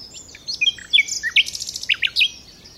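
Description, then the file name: Common nightingale song: a brief, jumbled run of sharp, varied chirps and whistled notes, rising and falling quickly. "Luscinia megarhynchos"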